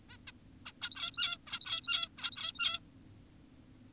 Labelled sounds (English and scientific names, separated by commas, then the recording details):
Zebra Finch (Taeniopygia guttata)
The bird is an adult
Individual g17y2U